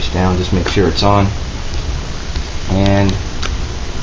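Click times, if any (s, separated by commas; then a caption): 3.5 s. A part is slid over the clutch shaft of a vacuum and pushed down evenly with two screwdrivers while someone talks over a steady background hiss. A sharp click at 3.5 s marks the part clipping onto the shaft, seated.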